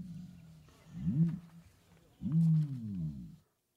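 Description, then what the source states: Ostrich warning call: two deep, booming hoots, the second longer and steadier. Male; warning call; very low frequency, audible for kilometers; lives in harsh, open landscapes.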